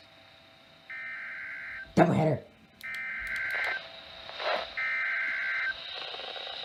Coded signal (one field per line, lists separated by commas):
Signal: Emergency Alert System (SAME) tones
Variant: header bursts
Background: speech